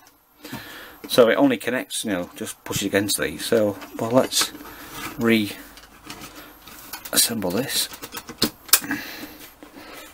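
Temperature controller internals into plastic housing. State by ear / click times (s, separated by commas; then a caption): seated / 8.4 s, 8.7 s. A Rex C100 PID temperature controller's internal board assembly is pushed back into its plastic housing while someone talks. Small handling sounds follow, then two sharp clicks at 8.4 s and 8.7 s as the chassis latches and seats in the case.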